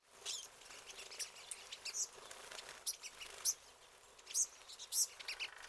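Pine siskin giving sharp, high chip notes and short twitters at irregular intervals, over a faint background hiss.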